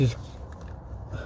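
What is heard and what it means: An electrical wiring connector is handled at the purge valve solenoid on a GM 5.3L engine, about to be pushed back on, a connector that just clicks in without pressing any button. Someone talks briefly over low handling noise, with a faint tick around 0.5 s. Nothing has seated or clicked yet by the end of the clip.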